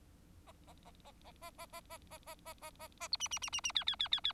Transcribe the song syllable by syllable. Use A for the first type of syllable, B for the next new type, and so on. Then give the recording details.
A A A A A A A A A A A A A A A B C C C C C D D D D D. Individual Bird4